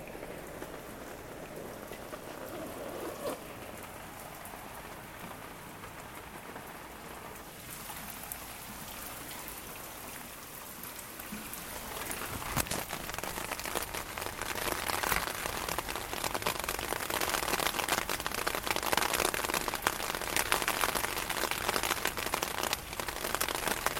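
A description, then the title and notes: Rain patters gently on a metal drum, then around twelve seconds thickens into a louder, denser drumming of tiny hits that keeps building. Rain falling under a metal drum, recorded in Newcastle, England in 2015 by Tim Shaw. You can hear the rain hitting the metal surface fairly gently initially, before building in intensity as a rhythmic crescendo.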